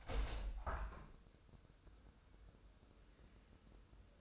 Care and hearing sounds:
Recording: daily activity, microphone in the room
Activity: open window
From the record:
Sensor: 2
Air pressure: 1014.8 hPa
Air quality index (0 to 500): 28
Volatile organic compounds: 1 ppm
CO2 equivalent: 520 ppm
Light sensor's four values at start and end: 8/19/8/8 and 8/20/8/8

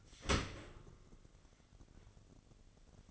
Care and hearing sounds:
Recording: daily activity, microphone in the room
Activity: open dishwasher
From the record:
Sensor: 4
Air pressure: 1013.2 hPa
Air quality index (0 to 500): 176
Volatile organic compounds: 2 ppm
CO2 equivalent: 1110 ppm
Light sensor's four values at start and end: 80/199/83/85 and 70/175/72/76

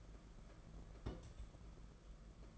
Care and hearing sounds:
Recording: daily activity, microphone in the room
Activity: place on stove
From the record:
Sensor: 5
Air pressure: 992.2 hPa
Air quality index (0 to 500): 210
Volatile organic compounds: 1000 ppm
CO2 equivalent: 6096 ppm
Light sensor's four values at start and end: 6/14/5/6 and 6/14/5/6

